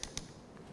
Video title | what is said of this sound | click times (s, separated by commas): What Is a Drill? How to use a Drill or Hammer Drill EXPLAINED | So once you get it tightened, you'll hear it click | 0.0 s, 0.2 s